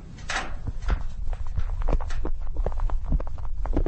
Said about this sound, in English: This is the sound you'd hear if you were waiting around while a gas fire cooled down.